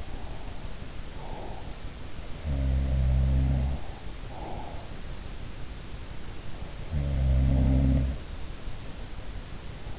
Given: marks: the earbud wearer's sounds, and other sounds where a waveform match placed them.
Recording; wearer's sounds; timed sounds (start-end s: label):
sounds in sleep by an in-ear microphone; breath
0.00-1.82 s: breath
2.31-4.87 s: sound from someone else or the room
6.50-8.58 s: sound from someone else or the room